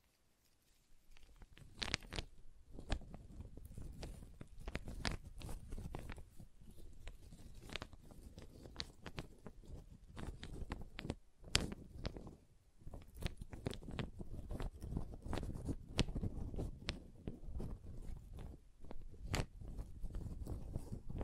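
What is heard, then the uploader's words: Wood triggers of the ASMR kind: a dense run of sharp taps, knocks and scratchy rubbing that starts after about a second and carries on to the end. The hits come fast and irregular, some louder clacks standing out, over a low, steady rumble. ASMR Calming Wood Triggers for Sleep (No Talking).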